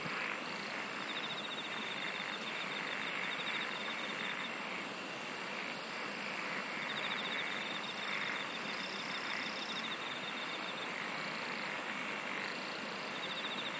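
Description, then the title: Steady insect chorus with several rapid pulsed trills coming and going, some very high, over an unbroken hissing background. "SINGING OF INSECTS"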